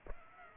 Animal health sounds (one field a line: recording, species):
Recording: mosquito wingbeat signal from an infrared sensor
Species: Aedes aegypti